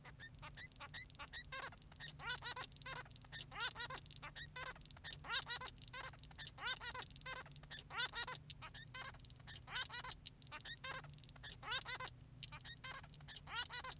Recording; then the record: song of a male Bengalese finch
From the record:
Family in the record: son of father 3